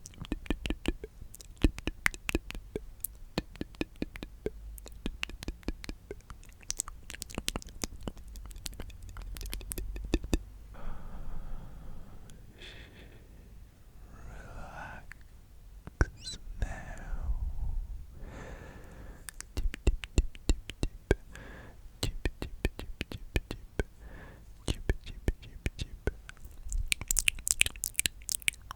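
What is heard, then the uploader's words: Dense mouth sounds: rapid wet clicks and pops crowd the opening ten seconds and return after twenty, with softer breathy murmurs in between. ASMR The MOST Tingly MOUTH Sounds.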